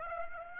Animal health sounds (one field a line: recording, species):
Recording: mosquito wingbeat signal from an infrared sensor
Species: Aedes aegypti